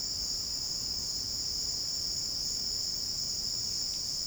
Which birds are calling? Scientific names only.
none